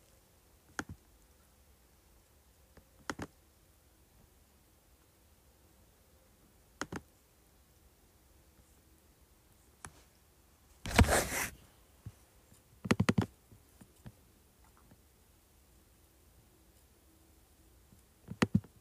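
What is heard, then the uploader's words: Sparse clicks on a computer keyboard, single sharp taps spaced a few seconds apart over a quiet, low hum. Near the middle comes a denser burst of rapid clatter lasting about a second, followed by a few more scattered clicks and a double tap at the end. Clicking, Scrolling, and Typing on Keyboard.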